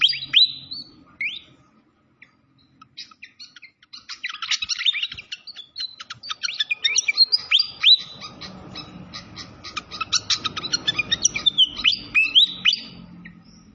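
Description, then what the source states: Malaysian pied fantail delivering long bursts of quick chirps and bright rising whistles, with pauses between phrases and a faint trickling background. Masteran training recording of clear-voiced song combined with the sound of gurgling flowing water.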